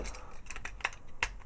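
A Transformers Combiner Wars Defensor transforming robot toy is changed into truck mode: its plastic panels are opened and a section is rotated and pushed, giving light plastic rattles and a sharp click at 0.9 s. The strongest and last sharp click at 1.2 s is the panel locking into its truck-mode position, seated in place.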